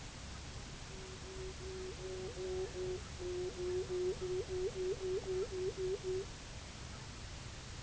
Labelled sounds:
Pectoral Sandpiper
unidentified sound

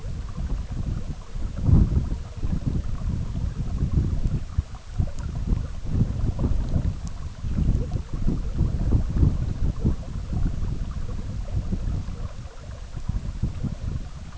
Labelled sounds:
none

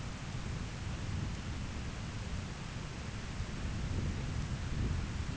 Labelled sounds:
none

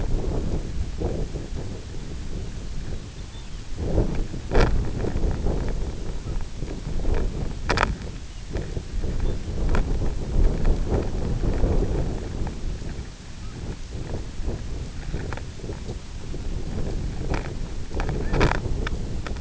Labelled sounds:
Lapland Longspur
unidentified sound

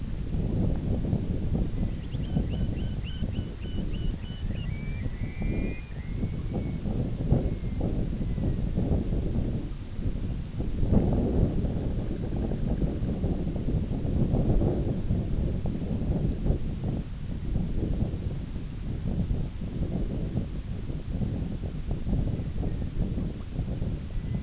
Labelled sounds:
Purple Sandpiper
Red-throated Loon

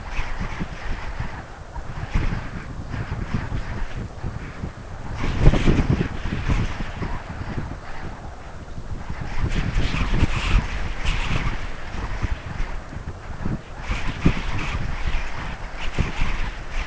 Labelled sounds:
none

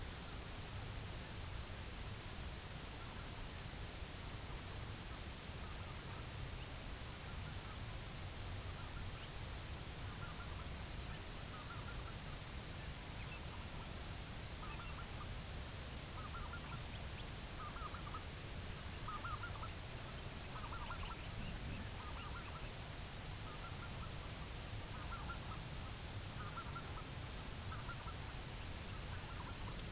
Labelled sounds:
unidentified sound
Greater White-fronted Goose
American Golden-plover

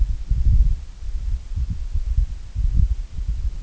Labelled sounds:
none

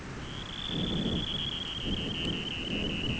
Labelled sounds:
Dunlin

